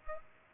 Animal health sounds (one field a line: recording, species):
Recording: mosquito wingbeat signal from an infrared sensor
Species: Culex pipiens